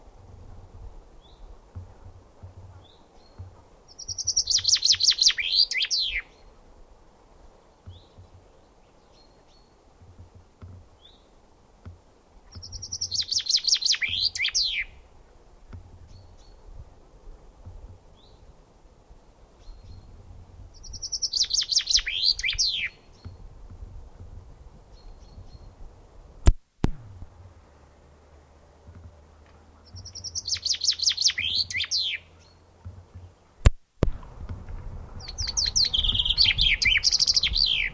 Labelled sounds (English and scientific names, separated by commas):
Common Chaffinch (Fringilla coelebs)